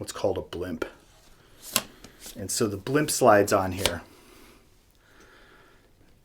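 A wind-protection blimp is slid onto a pistol-grip microphone rig while someone talks, with a sharp knock of handling at about 1.8 s and a softer one at 2.0 s, followed by quiet. Nothing has seated or locked into place yet by the end of the clip.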